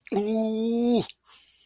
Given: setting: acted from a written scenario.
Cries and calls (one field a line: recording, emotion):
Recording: vocal sound without words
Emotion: distress